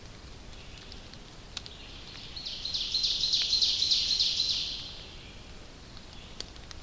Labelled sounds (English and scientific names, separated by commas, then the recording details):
Ovenbird (Seiurus aurocapilla) song
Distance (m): 40 m
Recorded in boreal forest in Alberta, Canada, on 29 May 2016 at 06:02
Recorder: SongMeter 3, array SBT-3-49
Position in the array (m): 70 m, 253 m
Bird 14